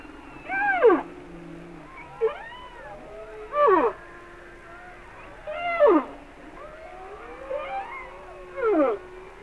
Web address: Natures Songs Whale Songs Sounds of Nature - Humpback Whales